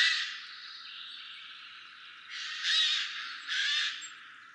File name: Garrulus glandarius